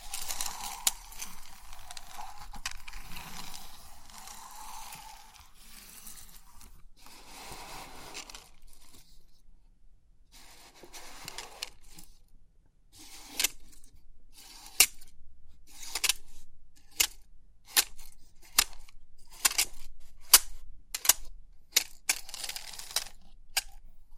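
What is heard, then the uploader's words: Pin art being handled, starting with a dense, steady rustle of many pins shifting for the first several seconds, then a near pause around ten seconds. After that come sharp, bright clicks and clattering taps at a quick, fairly regular pace until the end. Crisp 3D Pin Art Tingles(No Talking).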